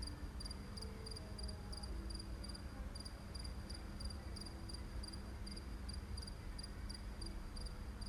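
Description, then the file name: Cicada giving rapid, evenly spaced high chirps that run on without pause, set against continuous low-frequency rumble. "Zikade"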